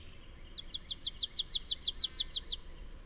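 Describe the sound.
Bird song: a rapid, even, high-pitched trill of many sharp, downward-sweeping notes lasting about two seconds.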